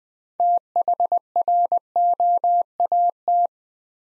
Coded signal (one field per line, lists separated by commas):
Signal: Morse code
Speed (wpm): 20 wpm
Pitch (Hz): 700 Hz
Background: none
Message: THROAT